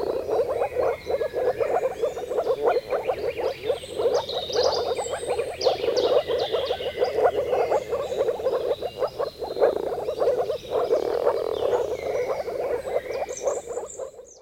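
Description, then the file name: Moor frogs calling together in a steady stream of muffled, gurgling pulses. "konnad rabakonn"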